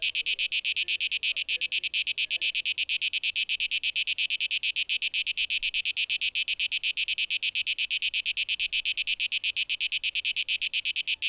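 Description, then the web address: Cicada song: fast rhythmic high-pitched rasping pulses running steadily. Recorded 12 August 2023; tape-echo-processed mix. "rauschpartikel 2023-08-12 Zikaden"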